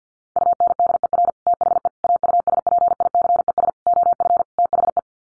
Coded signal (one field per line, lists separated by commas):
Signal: Morse code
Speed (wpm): 50 wpm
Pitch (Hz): 700 Hz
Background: none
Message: UNDER THE AUSPICES OF THE